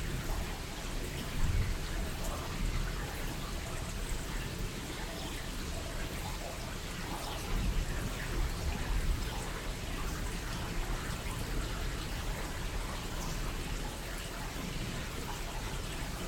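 Steady rain hisses evenly throughout, dense and bright, with a few low thumps and slightly louder bursts near two and eight seconds.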